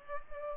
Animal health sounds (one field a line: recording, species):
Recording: mosquito wingbeat signal from an infrared sensor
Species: Culex pipiens